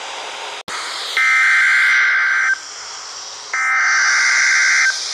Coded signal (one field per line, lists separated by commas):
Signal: Emergency Alert System (SAME) tones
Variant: header bursts